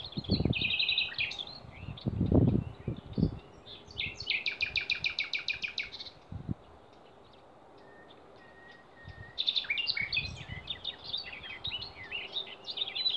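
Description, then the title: Songbirds singing: varied chirps, a rapid rattling trill, a pause with a soft thin whistle, then a dense burst of varied chirps, over low rumbling noise. Songbirds singing in Demerje forest, 28 April 2020. "Snimke ptičjeg pjevanja u demerskoj šumi, 28.4.2020."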